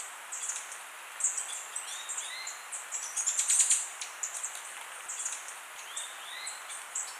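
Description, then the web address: Western Hemispingus calls: thin, very high chips scattered irregularly, with a brief denser cluster near the middle, over faint lower slurred whistles. Recorded in Ecuador. "Birds of Ecuador. Western Hemispingus"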